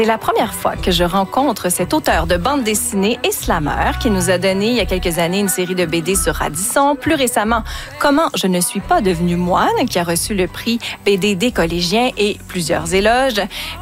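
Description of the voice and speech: An adult radio host speaks fluent French at an even pace with a clear, steady voice: ordinary speech.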